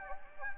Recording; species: mosquito wingbeat signal from an infrared sensor; Anopheles gambiae